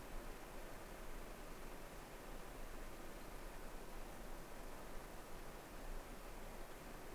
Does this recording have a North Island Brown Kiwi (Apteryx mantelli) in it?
no